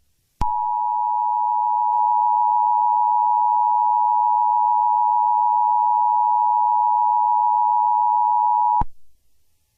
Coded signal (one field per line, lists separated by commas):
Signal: Emergency Alert System (SAME) tones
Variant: 853 and 960 Hz attention tone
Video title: EAS scenario 5: whitty’s explosion part 3 the return of slendybob, slendybowl and slendycane